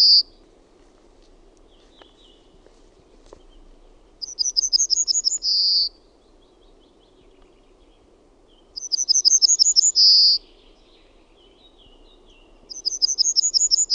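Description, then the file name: Yellowhammer repeating its song about every four to five seconds. Each song is a fast series of high, clipped notes closing with a long, drawn note, with a soft low hum behind. "KELTASIRKKU"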